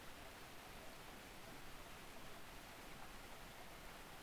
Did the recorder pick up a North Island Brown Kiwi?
no